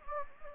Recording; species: mosquito wingbeat signal from an infrared sensor; Anopheles gambiae